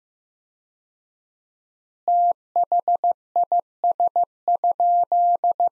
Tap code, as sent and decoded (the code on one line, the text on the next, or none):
none